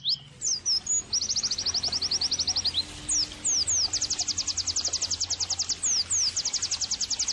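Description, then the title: White-eye song: a few high slurred whistles, a quick descending trill, then a long bright rapid trill with scattered downward whistles. Pleci singing actively (gacor); therapy and bird-training (masteran) audio for pleci. "Pleci Gacor. terapi pleci dextro 87 plus masteran kenari sahdu OmAcuz Dextro87 channel"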